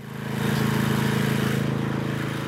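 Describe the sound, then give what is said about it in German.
A craftsman's power grinder runs steadily against a stone grave border in Munich's Westfriedhof cemetery, a continuous droning motor with a gritty, rasping hiss layered over a low pulsing hum, holding the same loud level throughout with no voices. “Ein Handwerker schleift eine Grabeinfassung zurecht.”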